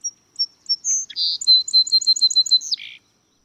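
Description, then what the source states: Song Sparrow song: several clear introductory whistles, a short buzz, then a rapid run of sharp repeated notes ending in a low buzzy flourish, about three seconds long. An early sound of spring, heard before the season is seen or felt; its song is described as energetic.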